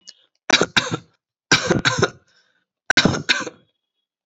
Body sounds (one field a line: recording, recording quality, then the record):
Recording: shallow voluntary cough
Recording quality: excellent, no background noise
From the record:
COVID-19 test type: RT-PCR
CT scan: not taken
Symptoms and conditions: none ticked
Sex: male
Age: 31 years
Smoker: no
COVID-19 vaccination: both doses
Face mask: not worn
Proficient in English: yes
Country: India